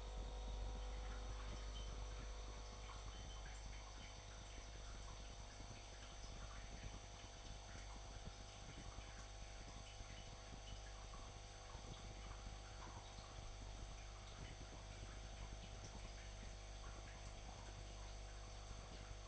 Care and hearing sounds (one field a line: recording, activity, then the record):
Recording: daily activity, microphone in the room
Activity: make coffee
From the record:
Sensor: 5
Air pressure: 1007.5 hPa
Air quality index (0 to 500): 115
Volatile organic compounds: 1 ppm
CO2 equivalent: 881 ppm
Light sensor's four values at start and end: 29/67/28/29 and 27/62/25/26